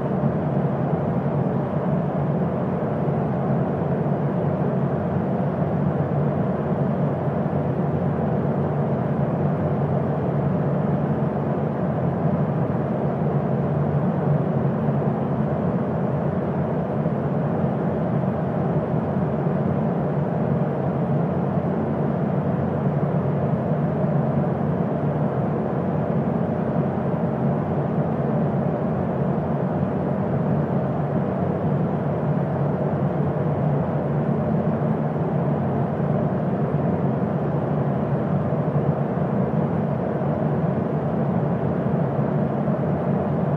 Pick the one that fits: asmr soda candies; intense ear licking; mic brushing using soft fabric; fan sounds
fan sounds